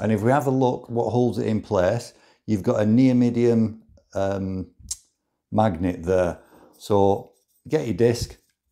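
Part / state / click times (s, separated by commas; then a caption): magnetic abrasive disc onto rolling sharpener body / not seated / none. Someone talks while handling the magnetic sharpening disc, held by a neodymium magnet, before attaching it to the side of a Hone rolling knife sharpener. A brief sharp tick is heard at about 4.9 s between the speech. The disc has not clicked into place on the roller yet.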